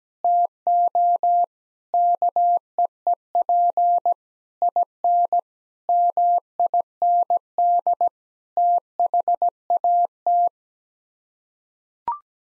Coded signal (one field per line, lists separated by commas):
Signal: Morse code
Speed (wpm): 17 wpm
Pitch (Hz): 700 Hz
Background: none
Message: TO KEEP IN MIND THAT